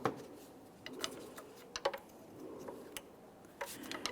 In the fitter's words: There's our click.